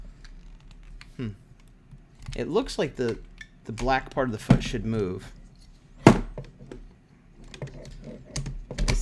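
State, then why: Seated. A plastic piece is pushed into the foot area of a toy robot, the Kishiryu Sentai Ryusoulger DX KishiRyuOh (Dino Fury Red Zord), after some struggling. Someone talks while light plastic clicks and handling taps sound, with a sharp knock at 6.1 s. The part snaps into place with a click at 8.9 s.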